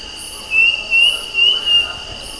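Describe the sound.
Bird giving four short whistled notes in quick succession, each sliding slightly upward, over a constant high-pitched background tone.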